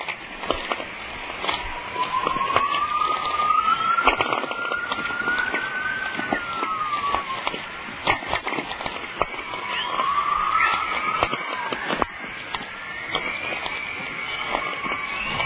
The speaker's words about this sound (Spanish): el sonido de la tormenta magnética genera una especie de chisporroteos muy divertidos y muy originales que son muy fácilmente identificables. Esto se grabó en Peel River, al noroeste del estado de Alberta, el 2 de junio de 1996.